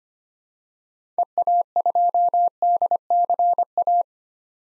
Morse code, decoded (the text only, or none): EA2DCA